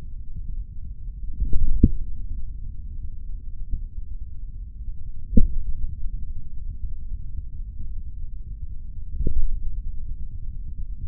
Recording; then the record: forearm muscle sounds (acoustic myography)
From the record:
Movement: hand opening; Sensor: system 3, bracelet of six PUI Audio POM-2738L microphones around the upper forearm, with dedicated amplification and filtering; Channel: 5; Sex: male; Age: 26 years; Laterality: right